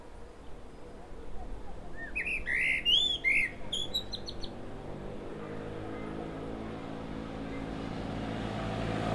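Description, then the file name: Common blackbird song: a fluty warbled phrase of mellow whistles ending in thin squeaky notes, then rising low rumbling background noise. "Turdus merula"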